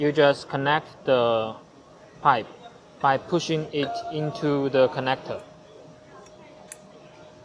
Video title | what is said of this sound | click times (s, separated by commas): Máy kiểm tra độ thoáng khí RF4308E | you will hear a click that indicates the firm connection | 6.7 s